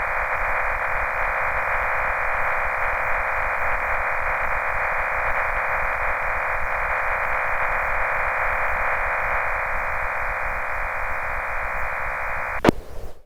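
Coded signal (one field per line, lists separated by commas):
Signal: MT63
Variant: MT63-2000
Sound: steady wide hiss-like data tone spanning about 0.5 to 2.5 kHz, ending abruptly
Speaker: when you're finished click on the Autos send button and FL Digi prompts you to save the message and then automatically starts transmitting the message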